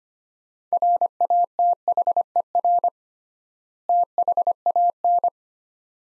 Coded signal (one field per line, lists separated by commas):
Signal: Morse code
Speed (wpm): 25 wpm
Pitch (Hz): 700 Hz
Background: none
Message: RATHER THAN